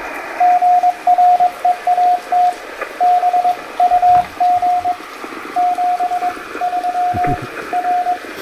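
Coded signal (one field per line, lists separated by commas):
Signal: Morse code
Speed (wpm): 22 wpm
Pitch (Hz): 720 Hz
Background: radio noise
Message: GREAT BUG 7 3 R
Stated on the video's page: QRP Parks on the Air activation on a rainy day, sent with a Vibroplex Original Deluxe bug on an Elecraft K2 into an AX3 antenna.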